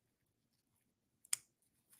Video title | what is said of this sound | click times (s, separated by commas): Its Live!! Off the Edge | kind of barely clicks into place so definitely going to need to tear it open and see what's going on | 1.3 s